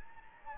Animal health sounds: mosquito wingbeat signal from an infrared sensor; Anopheles gambiae

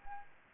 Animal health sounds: mosquito wingbeat signal from an infrared sensor; Anopheles arabiensis

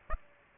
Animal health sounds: mosquito wingbeat signal from an infrared sensor; Aedes aegypti

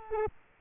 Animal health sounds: mosquito wingbeat signal from an infrared sensor; Culex quinquefasciatus

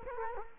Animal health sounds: mosquito wingbeat signal from an infrared sensor; Culex quinquefasciatus

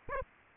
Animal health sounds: mosquito wingbeat signal from an infrared sensor; Aedes aegypti

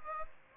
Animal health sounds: mosquito wingbeat signal from an infrared sensor; Aedes aegypti

